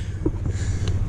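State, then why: Not seated. During a walk-around inspection, a metal latch on the truck body is pushed closed over a steady low rumble, with a few brief knocks around 0.3, 0.5 and 0.9 s. The latch fails to catch, so nothing has clicked or seated yet.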